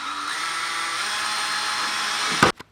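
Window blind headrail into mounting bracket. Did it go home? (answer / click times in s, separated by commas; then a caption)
yes / 2.4 s. A cordless window blind's headrail is snapped into its mounting bracket while a steady, broadband whirring noise plays for about 2.4 seconds. A sharp, loud snap at 2.4 s cuts the noise off, followed by a faint tick at 2.6 s. The headrail seats in the bracket.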